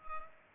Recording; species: mosquito wingbeat signal from an infrared sensor; Culex pipiens